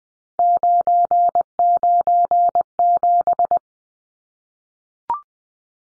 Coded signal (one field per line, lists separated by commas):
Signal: Morse code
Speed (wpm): 20 wpm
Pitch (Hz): 700 Hz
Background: none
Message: 997